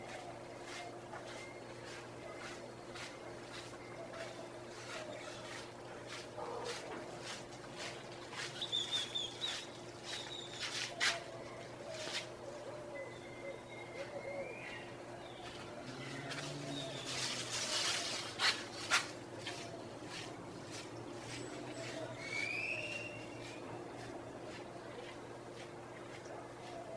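Early morning sounds from a balcony above the Placencia Sidewalk in Belize. A steady low hum runs throughout beneath frequent clicks and taps, with scattered bird chirps and short whistles. A brief rush of louder noise passes around seventeen seconds, and faint voices come and go.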